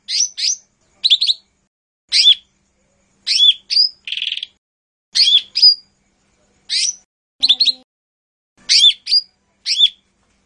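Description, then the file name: Lesser green leafbird uttering spaced, high whistled chirps and downslurred flicks, with one harsh buzzy note in between. "audio cucak hijau mini. omkicau"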